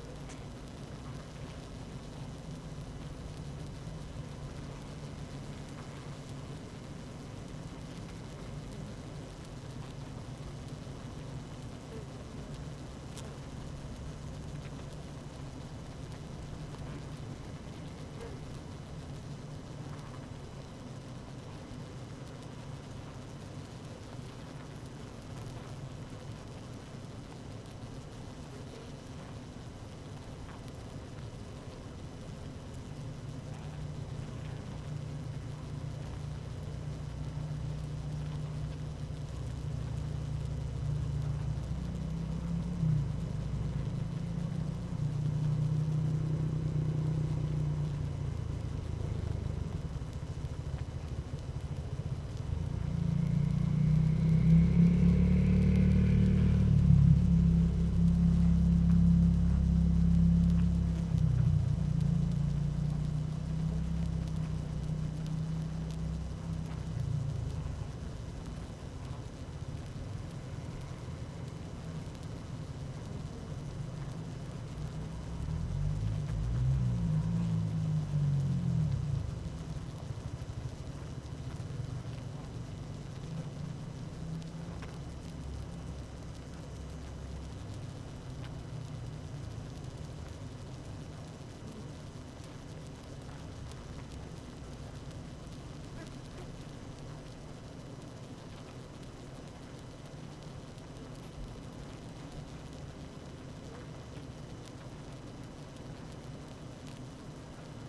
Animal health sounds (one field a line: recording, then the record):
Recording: honeybee colony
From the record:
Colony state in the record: active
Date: 12 June 2018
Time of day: 17:27